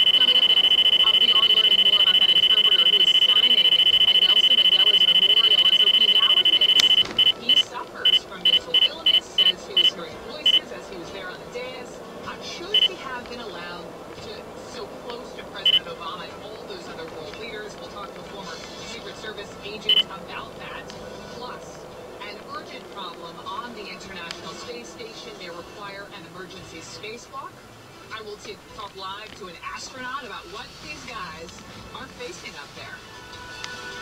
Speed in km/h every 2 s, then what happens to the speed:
48, 48, 50, 52, 52, 55, 55, 55, 55, 53, 52, 50, 44, 32, 18, 15, 21.
0-17 steady at about 52. 17-29 slows to 15.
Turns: none.